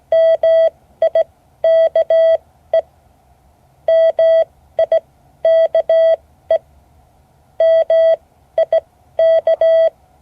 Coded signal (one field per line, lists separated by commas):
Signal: Morse code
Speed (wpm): 17 wpm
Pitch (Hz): 650 Hz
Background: none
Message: MIKE MIKE MIK